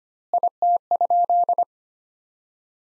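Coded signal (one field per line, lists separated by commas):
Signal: Morse code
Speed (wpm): 25 wpm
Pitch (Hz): 700 Hz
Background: none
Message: IT?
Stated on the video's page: Morse practice sentences from the top 200 words at 25 wpm with 2x standard word spacing, a Farnsworth-like method for words.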